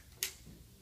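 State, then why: Seated. The opposite end of a liquid transfer hose is plugged into a body-specific wrap, its male/female quick connector, which fits only one way, pushing into the wrap's connector. A single sharp, bright click sounds at 0.2 s, followed by quiet low background. The connector is seated.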